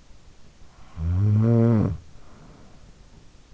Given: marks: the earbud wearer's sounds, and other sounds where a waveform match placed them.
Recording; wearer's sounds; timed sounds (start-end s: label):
sounds in sleep by an in-ear microphone; snoring breath
0.39-3.47 s: snoring breath